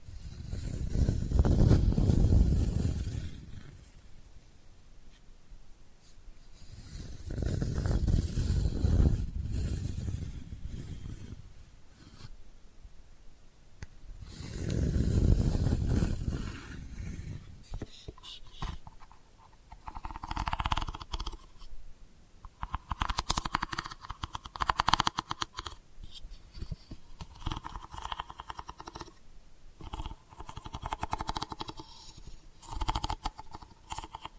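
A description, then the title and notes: Delicate scratching, the first half broken by three heavy, deep rumbling swells around the start, near eight seconds, and near fifteen seconds. From about eighteen seconds on, light, brighter scratches come in irregular short bursts with brief pauses between them. ASMR Delicate Scratching for Sleep (No Talking).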